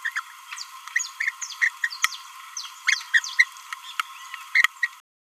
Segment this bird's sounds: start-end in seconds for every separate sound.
0.16-0.20, 1.20-1.32, 1.62-1.69, 1.83-1.89, 2.87-3.02, 3.14-3.21, 3.39-3.44, 4.55-4.63, 4.82-4.88